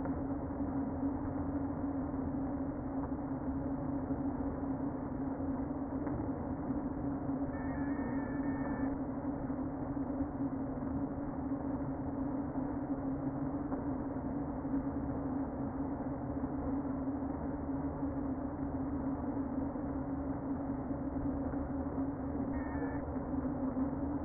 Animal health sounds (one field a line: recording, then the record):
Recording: honeybee colony, microphone inside the hive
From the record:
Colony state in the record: queen present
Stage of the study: before two queens were removed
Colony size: about 60,000 bees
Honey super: yes